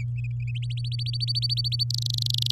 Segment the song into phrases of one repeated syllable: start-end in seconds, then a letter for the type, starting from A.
0.55-1.84 A, 1.90-2.51 B